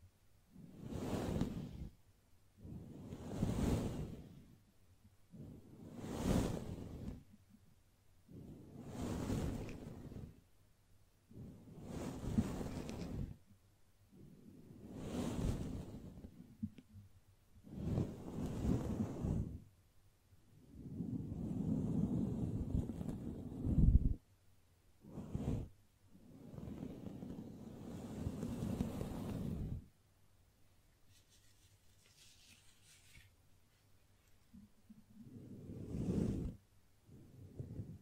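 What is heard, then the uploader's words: Soft brushing strokes sweep past in a steady rhythm, one about every three seconds, each a breathy swoosh that swells and fades. Around twenty seconds the strokes grow longer and rougher, then a quiet pause follows before one last sweep near the end. ASMR Gently Brushing Your Brain (No Talking).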